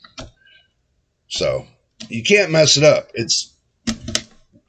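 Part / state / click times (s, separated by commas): RAM module into motherboard DIMM slot / seated / 3.9 s, 4.2 s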